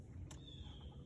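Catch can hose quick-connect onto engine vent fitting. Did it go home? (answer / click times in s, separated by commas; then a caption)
yes / 0.3 s. A plastic quick-connect hose end from the catch-can line on a 5.3 Chevy engine is pushed onto its vent fitting. It snaps on with a single sharp click at 0.3 s over a low background rumble, and the hose is seated.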